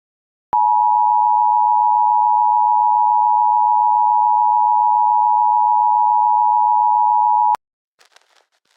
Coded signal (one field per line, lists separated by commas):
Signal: Emergency Alert System (SAME) tones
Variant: 853 and 960 Hz attention tone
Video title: EAS Scenario - Ohio Unknown and Inexperienced Incident Situation (Part 2)